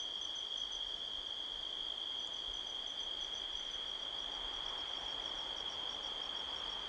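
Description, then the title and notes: Steady high cricket trilling carries throughout, pulsed ticking above it, while wind-blown leaves make a soft rushing hiss. Crickets heard all around at midnight in a canyon at Sedona, Arizona, USA, on 5 October 2023, with strong wind rustling trees. "Midnight Soundscape, Sedona, Arizona, USA on 5th October 2023 – by Joe Harvey-Whyte. The sound of crickets can be heard all around"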